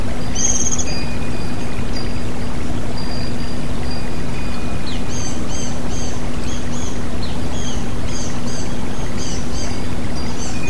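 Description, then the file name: White-eye chirps: many soft, high, falling notes strung through the second half in quick groups, a brighter note near the start, all under loud steady running water and hum. White-eye sounds mixed with flowing water, produced as bird therapy audio. "terapi air mengalir burung pleci"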